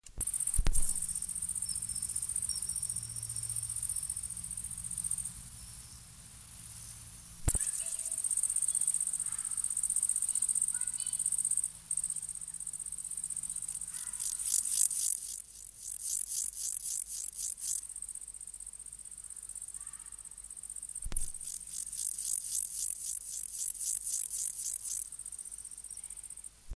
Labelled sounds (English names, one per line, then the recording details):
Great Green Bush-cricket stridulation
Water-meadow Grasshopper
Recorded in the wild
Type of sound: stridulation
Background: Chorthippus montanus
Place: Mühlenbecker Land, OT Zühlsdorf, Briesetal, Brandenburg, DE
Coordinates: 52.7322, 13.3747
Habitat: wet meadow, glade
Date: 1983-08-27 17:09
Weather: sunny, 23°C
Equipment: Nagra SN (Automatic), Sennheiser MKH 416 T, Kopie Uher 4000 Report Monitor
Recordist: Tembrock, Günter
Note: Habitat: feuchte Wiese, Briese, Forsthaus Zühlsdorf. Männchen: Stridulation